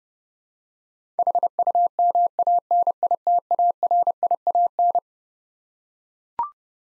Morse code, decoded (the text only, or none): HUMANITARIAN